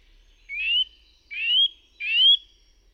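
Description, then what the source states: Eurasian nuthatch giving three drawn-out, rising whistled calls, each under half a second, spaced evenly in quiet surroundings. Recorded in forest.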